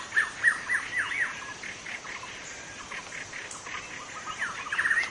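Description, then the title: White-rumped shama giving quick runs of short clear whistled notes, repeated rapidly, with a constant insect hiss behind. Singing in forest; called murai batu hutan (forest white-rumped shama) in Indonesian. "Suara burung murai batu hutan"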